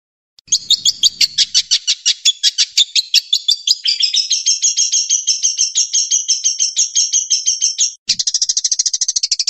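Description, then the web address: Long-tailed shrike song opening with rapid sharp notes, moving into a steady chattering run of paired tones, then a short gap and a fast buzzy trill. Training song with varied fill-in phrases (isian variasi). "cendet variasi isian. masteran cendet"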